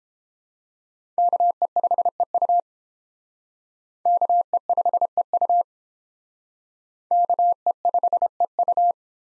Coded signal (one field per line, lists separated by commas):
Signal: Morse code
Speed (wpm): 32 wpm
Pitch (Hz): 700 Hz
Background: none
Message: KE5EU KE5EU KE5EU